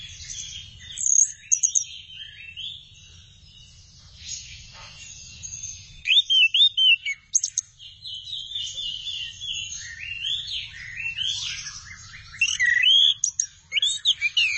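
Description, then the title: Thrush singing high, varied phrases of rising and falling whistles mixed with scratchy notes, in a continuous stream with louder bursts. "burung anis x"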